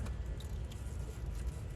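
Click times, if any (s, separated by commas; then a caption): none. An electrical connector is handled against the plastic socket on a new Arnott air strut during an air strut replacement on a 2007 Mercedes E550 (W211). A steady low rumble runs throughout, with brief faint ticks at about 0.4, 0.7 and 1.8 seconds. Nothing has seated or clicked yet.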